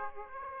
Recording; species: mosquito wingbeat signal from an infrared sensor; Aedes aegypti